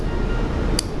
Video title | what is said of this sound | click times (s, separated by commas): Why is nobody talking about this 100$ Watch? Casio Edifice EF-539 Chronograph Review | that's a satisfying click and the claspers never come off | 0.8 s